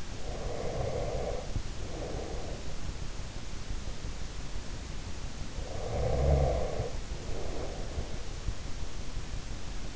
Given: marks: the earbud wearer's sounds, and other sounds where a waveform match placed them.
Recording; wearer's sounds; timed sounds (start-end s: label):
sounds in sleep by an in-ear microphone; breath
0.00-2.92 s: breath
5.50-8.17 s: breath